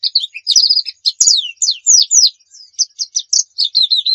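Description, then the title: White-eye song: bright rapid twittering of high slurred and trilled notes, continuous and lively. Muria-type white-eye (pleci Muria) singing actively (gacor); masteran recording meant for training pet birds to sing. "Pleci Muria Gacor"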